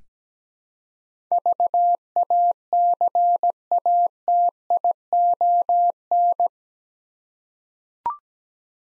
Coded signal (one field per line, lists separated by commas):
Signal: Morse code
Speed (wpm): 17 wpm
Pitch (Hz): 700 Hz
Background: none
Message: VACATION